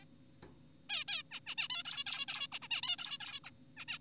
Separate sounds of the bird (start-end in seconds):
0.02-0.05, 0.90-1.04, 1.08-1.23, 1.31-1.40, 1.47-1.55, 1.58-1.68, 1.70-1.83, 1.85-2.04, 2.06-2.26, 2.28-2.47, 2.52-2.59, 2.62-2.68, 2.71-2.81, 2.83-2.96, 2.98-3.18, 3.20-3.40, 3.44-3.51, 3.77-3.85, 3.88-3.98